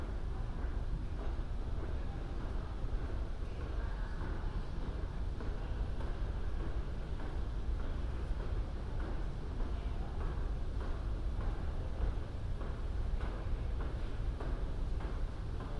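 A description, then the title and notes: A New Year's Eve walk around London: a dense, steady rumble of traffic and crowd murmur, with faint voices and brief knocks throughout. A walk around London, new years eve.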